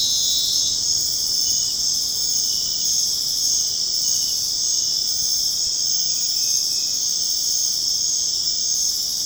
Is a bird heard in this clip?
no